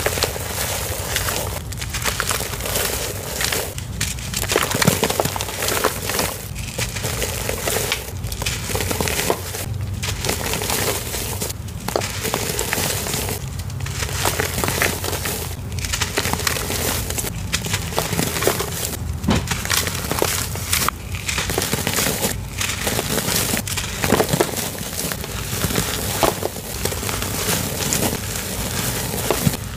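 Glittery black powder is crushed and crumbled, a dense, continuous crackling and crunching that fills the whole half minute. The gritty texture stays bright and busy, broken every few seconds by brief gaps or softer moments before the crushing resumes.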